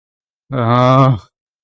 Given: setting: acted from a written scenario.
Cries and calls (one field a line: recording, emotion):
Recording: vocal sound without words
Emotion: fear